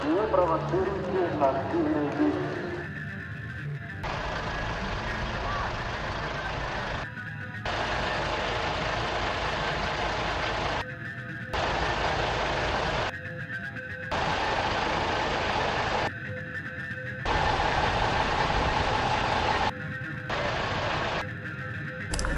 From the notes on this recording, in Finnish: aitoja, dokumentaarisia ääniä, jotka on nauhoitettu Valkovenäjällä meneillään olevissa mielenosoituksissa